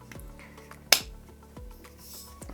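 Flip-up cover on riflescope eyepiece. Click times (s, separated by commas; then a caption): 0.9 s. The flip-up cover on the eyepiece of a Schmidt & Bender 10-60x56 CM II High Performance riflescope is pushed back until it locks open. A single sharp, loud snap sounds at 0.9 s among a few faint ticks, and the cover stays locked in place.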